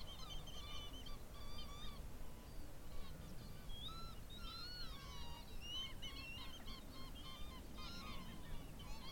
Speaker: The last light sparkles on the water of a wide, shallow lagoon, while the gentle wheeze and chortle of roosting lapwings and the whistles of redshanks rise to meet the coming dark.